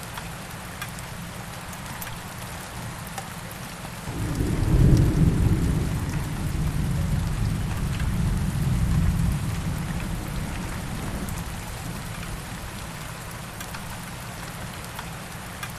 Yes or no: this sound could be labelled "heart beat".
no